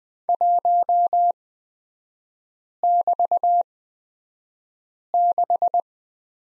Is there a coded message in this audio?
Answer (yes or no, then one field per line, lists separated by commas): yes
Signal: Morse code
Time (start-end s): 0.3-5.8 s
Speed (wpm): 20 wpm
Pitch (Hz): 700 Hz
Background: none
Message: 1<BT>6